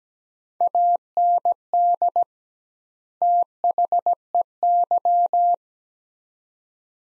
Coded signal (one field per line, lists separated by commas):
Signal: Morse code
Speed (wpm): 17 wpm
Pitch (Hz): 700 Hz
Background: none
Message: AND THEY